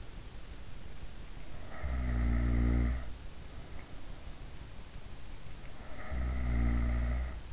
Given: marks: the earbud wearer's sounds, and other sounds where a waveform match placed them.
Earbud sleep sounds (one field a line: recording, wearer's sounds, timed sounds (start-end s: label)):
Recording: sounds in sleep by an in-ear microphone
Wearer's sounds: snoring breath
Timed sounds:
1.55-2.91 s: snoring breath
5.91-7.53 s: snoring breath